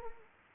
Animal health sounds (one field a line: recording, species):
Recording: mosquito wingbeat signal from an infrared sensor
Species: Anopheles arabiensis